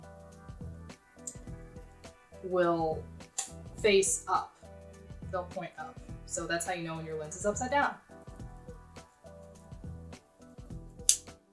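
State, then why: Seated. A lens is fitted onto a camera body's mount and turned until it locks, while someone talks over background music. A sharp click at 11.1 seconds marks the lens seating into the mount.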